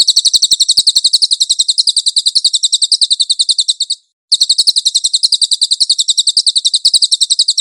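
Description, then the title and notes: Cililin delivering a long, fast trill of shrill repeated chirps, broken only by one brief pause midway. "SUARA BURUNG CILILIN. CICILIN"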